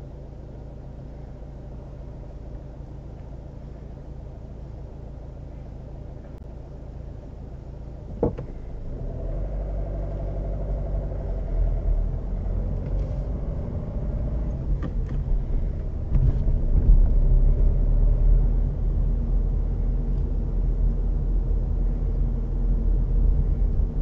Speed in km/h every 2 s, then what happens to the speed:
0, 0, 0, 0, 0, 5, 13, 15, 15, 20, 21, 20.
0-9 standing. 9-19 pulls away to 21.